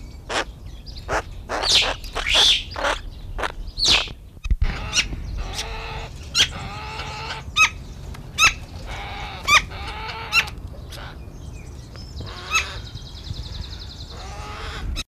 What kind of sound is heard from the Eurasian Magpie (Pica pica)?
call